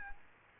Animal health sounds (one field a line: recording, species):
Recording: mosquito wingbeat signal from an infrared sensor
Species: Aedes aegypti